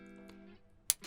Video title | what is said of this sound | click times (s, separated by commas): Does Faster mean better? Gator Frameworks Mic Quick Release vs On Stage Mic Quick Release | and it clicks into place but that clicking motion is very difficult | 0.9 s